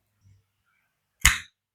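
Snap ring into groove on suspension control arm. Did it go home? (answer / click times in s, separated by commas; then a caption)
yes / 1.3 s. A snap ring is fitted onto a suspension control arm during a coil-over and tubular control arm install, with the back end of the ring started first so it pops right in. After a faint low thud near 0.3 s, a sharp metallic snap at 1.3 s rings out briefly and fades by about 1.5 s. The snap ring is seated in its groove.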